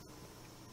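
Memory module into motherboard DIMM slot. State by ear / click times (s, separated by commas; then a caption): not seated / none. A DDR3 memory stick is lined up with the notch in a motherboard DIMM slot and pressed down firmly, with a steady low rustle of handling noise and a faint brief tick near 0.8 s. The clip ends before the module goes home, so nothing has seated or clicked yet.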